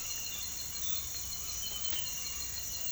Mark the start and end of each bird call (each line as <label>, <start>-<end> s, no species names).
bird call, 0.00-2.92 s